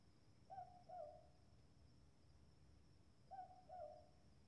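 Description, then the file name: Southern boobook calling two two-note hoots, the second note slightly lower and longer, nearly three seconds apart, over low rumble and a faint steady high hum. "Boobook Owl Mopoke"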